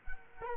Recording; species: mosquito wingbeat signal from an infrared sensor; Culex quinquefasciatus